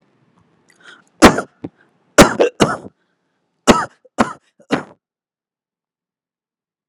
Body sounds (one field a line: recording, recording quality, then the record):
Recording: heavy voluntary cough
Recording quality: excellent, no background noise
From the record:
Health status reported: healthy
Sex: male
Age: 29 years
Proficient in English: yes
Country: India